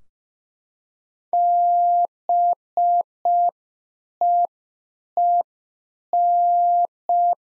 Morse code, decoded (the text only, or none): BEEN